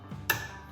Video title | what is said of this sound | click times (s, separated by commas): How To Change An Optoma 4K Projector Lamp | There it goes, you could hear it click that time. | 0.3 s